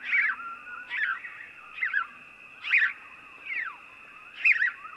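House sparrow chirping in a series of six rough, buzzy chirps about a second apart, with a continuous high tone underneath.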